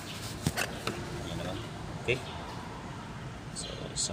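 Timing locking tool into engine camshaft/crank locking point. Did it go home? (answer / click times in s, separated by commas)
yes / 0.5 s, 0.9 s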